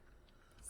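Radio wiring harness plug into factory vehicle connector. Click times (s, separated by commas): 0.3 s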